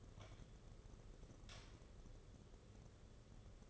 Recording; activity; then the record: daily activity, microphone in the room; light on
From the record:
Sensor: 4